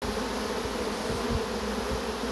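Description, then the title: Honey bees buzzing in a dense, steady low hum that holds evenly through the whole short stretch. Remaining bees of a captured swarm stream through the entrance into the swarm box within half an hour; about 90% of the swarm was already shaken inside. "Nach dem Fangen eines Bienenschwarms strömen die restlichen Bienen durch ein Flugloch in die Schwarmkiste"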